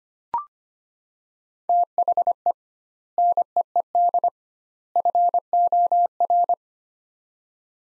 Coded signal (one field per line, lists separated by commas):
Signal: Morse code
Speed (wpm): 25 wpm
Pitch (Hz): 700 Hz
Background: none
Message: THE NEED FOR